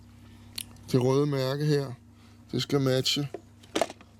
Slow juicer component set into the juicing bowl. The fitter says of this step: her Klik det